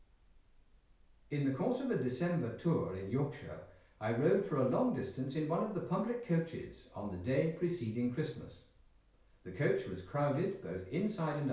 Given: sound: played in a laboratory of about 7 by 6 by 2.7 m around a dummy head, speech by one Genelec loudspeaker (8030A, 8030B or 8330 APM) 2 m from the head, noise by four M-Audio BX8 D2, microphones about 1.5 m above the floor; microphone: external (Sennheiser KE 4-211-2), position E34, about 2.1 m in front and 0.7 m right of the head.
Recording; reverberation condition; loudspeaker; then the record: male speech in English; medium; 150 degrees to the right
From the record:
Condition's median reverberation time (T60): about 510 ms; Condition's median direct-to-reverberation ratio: about -0.5 dB